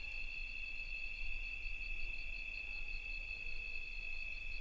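Red-spotted toad giving a steady, unbroken high trill that holds one pitch throughout, over a low rumbling background.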